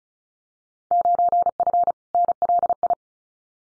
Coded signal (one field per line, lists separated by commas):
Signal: Morse code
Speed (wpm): 36 wpm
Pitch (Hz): 700 Hz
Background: none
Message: 9F NLI